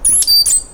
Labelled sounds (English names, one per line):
Stitchbird song